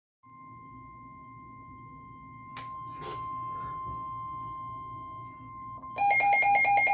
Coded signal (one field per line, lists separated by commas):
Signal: Emergency Alert System (SAME) tones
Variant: 1050 Hz attention tone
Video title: EAS #42 Servere Thunderstorm Warning